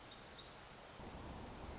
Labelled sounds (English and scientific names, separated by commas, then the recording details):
Black-throated Gray Warbler (Setophaga nigrescens)
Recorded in Sonoma County, California